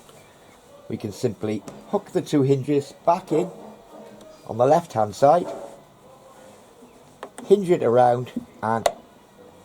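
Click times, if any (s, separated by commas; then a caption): 7.2 s. Someone talks while the air filter cover door on a lawn mower engine housing is hooked back onto its two hinges on the left and swung closed onto the housing. A sharp click is heard at 7.2 seconds as the door latches firmly back into position.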